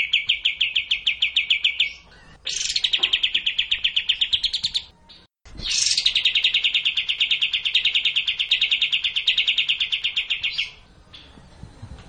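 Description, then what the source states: Cililin song: long fast trills of repeated buzzy notes, the later ones each opening with a sharp high note, with short pauses between trills. Song in the kapas tembak style.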